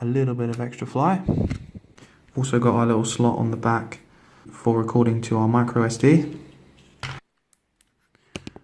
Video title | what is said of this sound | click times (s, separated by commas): SJRC S30W WiFi FPV GPS Drone Review | a nice little satisfying click | 8.4 s